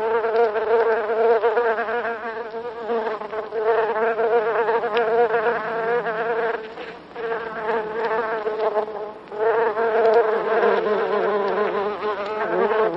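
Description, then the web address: Buff-tailed bumblebee buzzing steadily in flight, a low droning hum with rich harmonics that wavers in pitch and loudness, briefly fading twice. "bombus terrestris"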